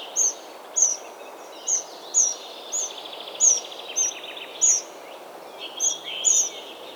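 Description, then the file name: Eurasian wren repeating sharp high call notes in an uneven series, while another bird trills and warbles more quietly below. "Troglodytes troglodytes"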